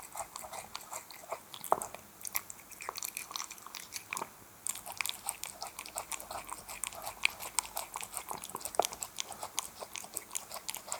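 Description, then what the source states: Cat chewing wet food, a dense run of moist clicks and smacks. Cat eating wet food.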